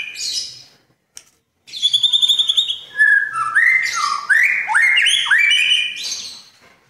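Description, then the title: Oriental magpie-robin song opening with a brief phrase, a pause, then bright trilled notes followed by a run of descending and rising whistled slurs. "Kicau Kacer"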